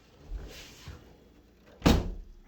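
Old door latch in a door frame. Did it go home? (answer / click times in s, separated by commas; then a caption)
no / none. An old door with its original latch in its frame is pushed closed, giving a loud thunk at about 1.9 s, followed by another knock near the end. The old latch fails to catch, so nothing has seated or clicked yet.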